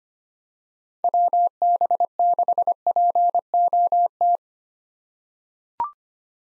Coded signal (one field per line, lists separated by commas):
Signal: Morse code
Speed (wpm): 25 wpm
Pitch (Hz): 700 Hz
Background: none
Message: WB6POT